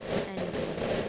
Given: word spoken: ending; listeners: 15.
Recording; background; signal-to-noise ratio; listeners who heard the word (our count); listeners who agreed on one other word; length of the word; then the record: one English word in noise, from a listening test; noise modulated by three-talker babble; -7.5 dB; 5 of 15; 7 of 15; 0.69 s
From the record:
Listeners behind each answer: 7, 5, 1, 1, 1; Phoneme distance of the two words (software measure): 14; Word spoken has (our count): 2 syllables, 5 phonemes, stress on syllable 1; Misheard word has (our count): 1 syllable, 3 phonemes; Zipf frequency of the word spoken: 4.34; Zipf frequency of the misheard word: 5.77